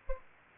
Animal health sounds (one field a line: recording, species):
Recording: mosquito wingbeat signal from an infrared sensor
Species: Aedes aegypti